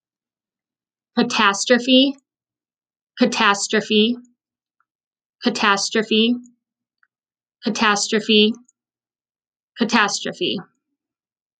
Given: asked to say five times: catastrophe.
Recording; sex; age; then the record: repeated word; female; 30 to 39 years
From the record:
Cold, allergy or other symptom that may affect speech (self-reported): no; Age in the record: 33 years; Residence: Minnesota, United States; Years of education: 16